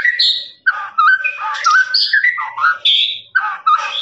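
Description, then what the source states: Lovebird chatter of short squawky and whistled notes in quick, uneven bursts, jumping between high and lower pitches. Long trilling "ngekek" song used for training birds.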